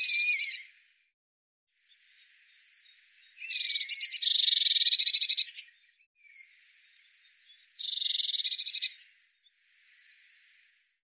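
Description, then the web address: Eurasian blue tit calling: high thin notes alternate with dense buzzy churring bursts, repeated several times. "cianscape birddata Deverinetal 2025 File cleaned normalized Bird Cy Ca"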